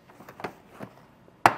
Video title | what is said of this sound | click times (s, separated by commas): etrailer - Redarc Tow-Pro Liberty Brake Controller Installation - 2023 Toyota Tacoma | so you kind of just grab them pop them up out of position we get that out of her way | 1.5 s